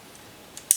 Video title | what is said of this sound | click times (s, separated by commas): REVIEW: Classic Army G36C Airsoft Electric Gun -ASTKilo23- | I love how it clicks into place in every mode | 0.6 s, 0.7 s